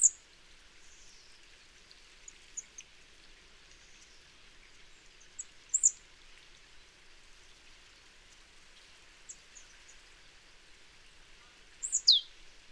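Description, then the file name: Marsh tit making sparse high calls, a short note near the start, another around six seconds, and a down-slurred double note near the end, amid scattered faint ticking sounds. "Poecile palustris"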